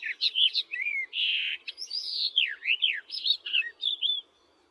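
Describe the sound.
Barred warbler singing a chattering, grating warble with a harsh buzzy note and downward-slurred whistles, over a faint low background hiss.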